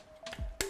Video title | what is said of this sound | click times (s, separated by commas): S800 4 Installing the Arms | snap in place | 0.6 s